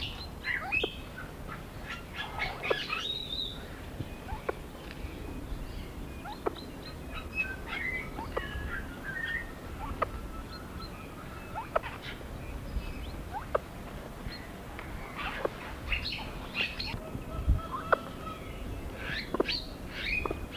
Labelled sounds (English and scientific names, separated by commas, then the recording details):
Great Argus (Argusianus argus) call
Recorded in captivity
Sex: male
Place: Vogelpark Walsrode, Niedersachsen, DE
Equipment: Halbspur, 9,5 cm/s
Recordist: Lütgens, Hans